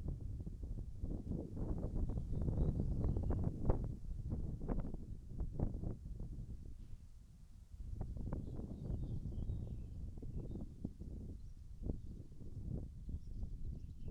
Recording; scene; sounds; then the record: everyday scene through a hearing-aid microphone; wind on the microphone; wind, birds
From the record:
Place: in front of a rural house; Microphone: behind the ear, right, rear